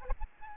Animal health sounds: mosquito wingbeat signal from an infrared sensor; Aedes albopictus

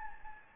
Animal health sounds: mosquito wingbeat signal from an infrared sensor; Anopheles gambiae

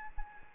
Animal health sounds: mosquito wingbeat signal from an infrared sensor; Anopheles gambiae

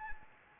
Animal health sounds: mosquito wingbeat signal from an infrared sensor; Anopheles gambiae

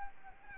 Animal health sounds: mosquito wingbeat signal from an infrared sensor; Anopheles gambiae

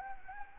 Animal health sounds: mosquito wingbeat signal from an infrared sensor; Anopheles gambiae

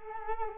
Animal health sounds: mosquito wingbeat signal from an infrared sensor; Culex quinquefasciatus

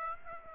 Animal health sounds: mosquito wingbeat signal from an infrared sensor; Aedes aegypti

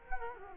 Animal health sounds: mosquito wingbeat signal from an infrared sensor; Culex quinquefasciatus

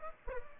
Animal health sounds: mosquito wingbeat signal from an infrared sensor; Aedes aegypti

